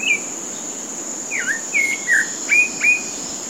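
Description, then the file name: Pale-breasted thrush singing a run of short whistled phrases, several swooping down then levelling, after an opening note, delivered about every third of a second against a constant shrill insect hum. Golf course at Comandatuba, Bahia, Brazil; 30 January 2013. "Turdus-leucomelas-golfe-IComandatuba BA-BR-30-1-13-ASilveira"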